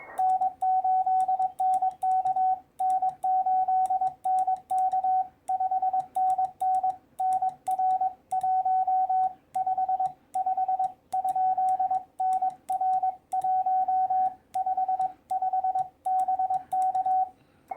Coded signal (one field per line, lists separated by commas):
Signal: Morse code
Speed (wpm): 22 wpm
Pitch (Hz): 750 Hz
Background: radio noise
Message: N8NK N8NK 5NN NR 155 ? NR 155 BK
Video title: EFHW Real World SHTF Antennas - Test Results - DX Contacts in the 2020 CQ WW WPX CW Contest